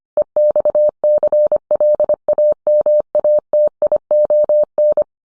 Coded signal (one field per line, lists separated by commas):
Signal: Morse code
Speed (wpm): 25 wpm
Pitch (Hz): 600 Hz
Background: none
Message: EXCLAMATION